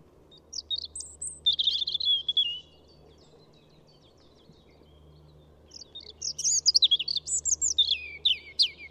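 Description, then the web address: European robin song: thin, high warbled notes and a rapid trill, a gap of several seconds, then a longer, scratchy, tumbling phrase. "SETE Erithacus rubecula"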